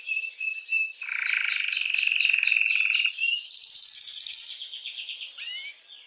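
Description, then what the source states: Canary singing a rolling, rattling trill that changes into a faster, higher buzzy roll before fading into softer warbled notes. Belgian mosaic canary.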